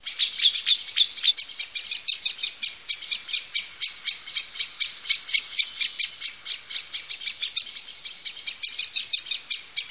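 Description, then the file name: Common blackbird calls, a fast chinking series of sharp high notes running steadily without pause. "MERLOVIT"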